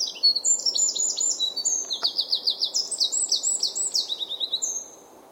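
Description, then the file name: Eurasian wren song, a fast, loud, unbroken torrent of high trills and rattling notes lasting about five seconds, with steady low background noise. "Troglodytes troglodytes"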